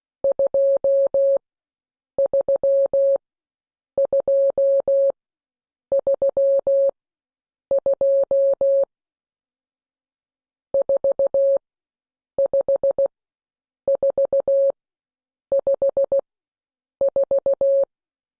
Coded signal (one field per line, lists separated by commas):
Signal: Morse code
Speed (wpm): 16 wpm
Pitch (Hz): 550 Hz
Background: none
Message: 23232 45454